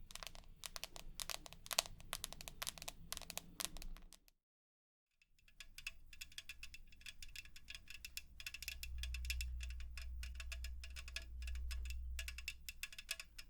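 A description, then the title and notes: Rapid, dense tapping with sharp, bright clicks that come in quick irregular bursts. The sound cuts out completely for about a second near four seconds, then resumes slightly softer, with a low rumbling hum building underneath from around nine seconds onward. 100% Tapping.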